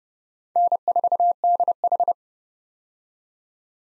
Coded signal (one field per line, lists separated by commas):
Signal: Morse code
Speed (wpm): 30 wpm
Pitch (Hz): 700 Hz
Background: none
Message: N4DH